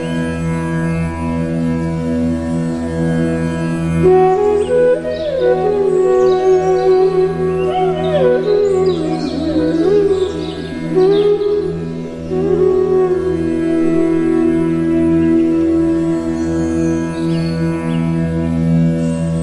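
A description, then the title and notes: Flute music plays over a steady, humming drone that holds throughout. From about four seconds a wavering melody enters, sliding and bending through the middle range until near the end, while a few faint bright chirps flicker above it. Relaxing flute music with forest sounds.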